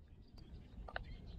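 A flight battery is pushed into the battery bay of an RC ERA C032 UH-1 Huey RC helicopter and clicks at 0.9 s and 1.0 s, meaning it is locked in place. The clip has a low rumble, a brief faint tick near 0.4 s, and no talk.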